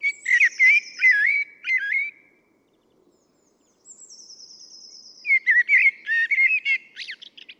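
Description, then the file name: Common blackbird warbling loudly in fluty, looping notes, pausing, then a high thin trill leads into another vigorous warbled and twittering phrase. "Turdus merula"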